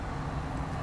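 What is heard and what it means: A plastic t-tap splice connector is being handled over a vehicle wire, about to be squeezed shut with pliers so it clicks, locks in and makes contact with the copper wire inside. Only a steady, low, broadband rumble is heard, with no sharp sounds. Nothing has clicked or seated yet.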